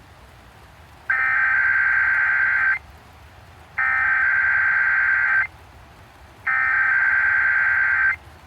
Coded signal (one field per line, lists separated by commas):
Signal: Emergency Alert System (SAME) tones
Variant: header bursts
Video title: EAS 6684-6744 EAS Alerts I haven't uploaded yet